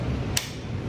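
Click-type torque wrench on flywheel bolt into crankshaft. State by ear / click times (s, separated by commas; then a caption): torque reached / 0.4 s. A click-type torque wrench applies the final torque to the first flywheel bolt going into the crankshaft of a 1966 Chevelle small block, after the bolts were torqued down to 30 ft-lb and with vise grips wedged in so the motor will not rotate. Over a steady low hum, a single sharp click is heard at 0.4 s as the wrench releases at its setting, confirming the bolt has reached torque.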